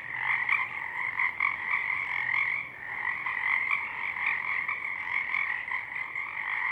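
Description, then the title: Chorus of Pacific chorus frogs, overlapping raspy croaks with a brief dip in loudness midway before the chorus swells again. Many frogs in full chorus at dusk; downmixed to stereo from a double mid-side recording, with a parabolic track also made. "Pacific Chorus Frogs (Pseudacris regilla), dusk"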